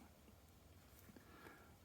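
The plastic gun assembly of an Airfix 1/76 scale Churchill Mk VII model tank kit is pressed into the turret, with quiet low handling noise and a soft bump around 1.2 s. Nothing has seated or clicked; the gun does not snap in because the joint is left loose to let it move up and down.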